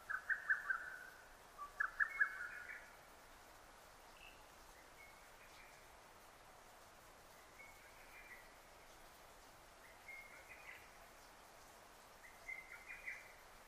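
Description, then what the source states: Lesser cuckoo song, two clear rapid whistled phrases at the start, then several fainter phrases, with steady hiss throughout. Recorded 6 June 2009.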